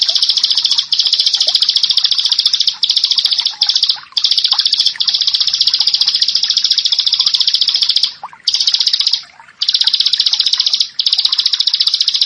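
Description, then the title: Bar-winged prinia song as a loud, continuous high buzzing trill, broken by several brief pauses, the longest in the second half. "Ciblek Sawah"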